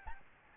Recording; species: mosquito wingbeat signal from an infrared sensor; Aedes albopictus